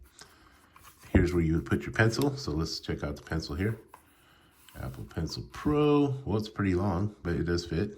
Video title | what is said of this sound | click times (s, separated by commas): ZUGU Case unboxing and review for the iPad Mini 7 | And here's the kickstand. It's magnetized. You can see it snap right in there. | 0.2 s, 0.8 s